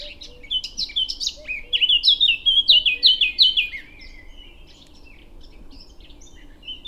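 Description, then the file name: Eurasian blackcap song, with busy twittering notes leading into a run of loud, rich fluty phrases that break off at about three and a half seconds, leaving faint high chips. "Sylvia atricapilla"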